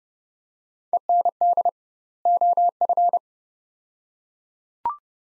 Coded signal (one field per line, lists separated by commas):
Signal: Morse code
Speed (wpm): 29 wpm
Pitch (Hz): 700 Hz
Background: none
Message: END OF